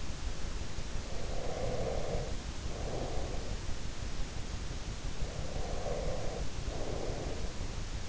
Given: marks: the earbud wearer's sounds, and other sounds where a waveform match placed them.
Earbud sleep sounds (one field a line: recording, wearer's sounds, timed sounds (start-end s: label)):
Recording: sounds in sleep by an in-ear microphone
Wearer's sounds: breath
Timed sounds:
1.04-4.09 s: breath
5.08-8.09 s: breath